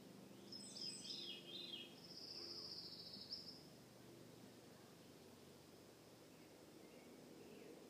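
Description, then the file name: Veery, one brief descending, rolling phrase near the start, followed by a steady high buzzing hum and quiet background noise. Recorded in Juneau, Alaska, on 15 June 2014. "Veery Alaska Juneau Laurie Lamm 15 June 2014"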